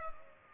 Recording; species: mosquito wingbeat signal from an infrared sensor; Culex pipiens